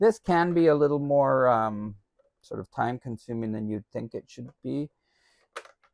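A 3D-printed back pivot is lined up and pushed into a bag-frame arm of a mini trash bin until it snaps into place. Someone talks for most of the clip, then after a pause a sharp snap is heard at 5.6 s, followed by a fainter tick. The pivot seats in the arm, which the speaker confirms.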